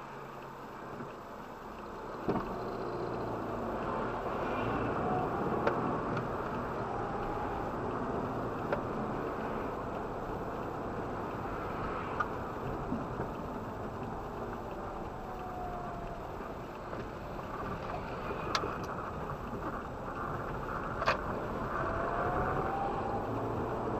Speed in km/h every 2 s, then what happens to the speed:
0, 6, 19, 19, 28, 28, 26, 21, 18, 14, 15, 25.
0-8 pulls away to 28. 11-19 slows to 14. 19-24 speeds up to 25.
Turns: 15-21.